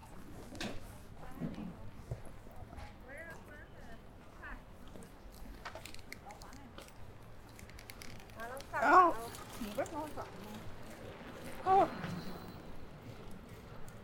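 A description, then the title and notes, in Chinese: Street sounds on the way to eat noodles in Xiangerr Hutong: scattered voices over a low rumble, with two louder calls near nine and twelve seconds. 去香饵胡同吃小面｜城市声音。下午。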